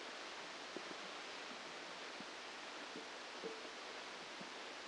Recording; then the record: brain microelectrode recording played as sound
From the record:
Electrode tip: outside the subthalamic nucleus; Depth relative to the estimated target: -6 mm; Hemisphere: left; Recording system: NeuroSet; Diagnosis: Parkinson's disease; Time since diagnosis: 9 years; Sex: female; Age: 51 years